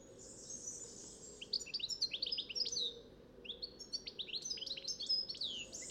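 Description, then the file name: European goldfinch singing quick, jangling chirps mixed with short buzzy trills in a nearly continuous stream, a soft hum running beneath throughout. "Carduelis carduelis"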